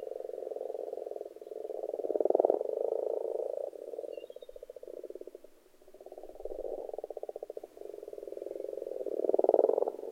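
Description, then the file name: Frogs croaking in a steady rattling chorus of rapid pulses, with louder swells and a brief lull. Frogs in a pond. "benboncan frogs-in-a-pond"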